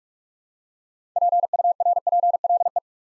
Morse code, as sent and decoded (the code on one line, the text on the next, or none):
.--. ..- .-. .--. .-.. .
PURPLE